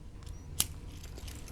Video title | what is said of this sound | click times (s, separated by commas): JETech Replacement Band for Apple Watch: How to Make Adjustments/Resize Bracelet Links | you hear a click just like that and same thing on this side here right | 0.6 s